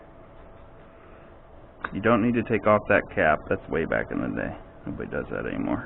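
A spark plug boot on its lead is pushed onto the spark plug terminal of an 80cc bike engine for the first time, but it does not click into place on this push. About 2 seconds of quiet background is heard, followed by a sharp sound at 1.9 s, then someone talks. Nothing has seated or clicked yet.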